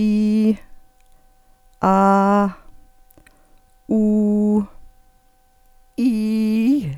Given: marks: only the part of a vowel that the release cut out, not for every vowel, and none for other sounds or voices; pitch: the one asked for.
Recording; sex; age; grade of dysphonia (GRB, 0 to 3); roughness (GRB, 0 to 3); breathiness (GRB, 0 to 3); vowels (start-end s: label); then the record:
sustained vowels; female; 50 to 59 years; 1; 1; 0
0.00-0.51 s: vowel /i/, normal pitch
1.86-2.44 s: vowel /a/, normal pitch
3.94-4.55 s: vowel /u/, normal pitch
6.09-6.67 s: vowel /i/, high pitch
From the record:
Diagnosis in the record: hyperfunctional dysphonia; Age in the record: 52 years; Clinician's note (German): Leichte Form